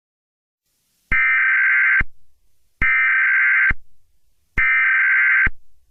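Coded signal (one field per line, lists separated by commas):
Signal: Emergency Alert System (SAME) tones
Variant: header bursts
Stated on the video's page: Fictional EAS scenario.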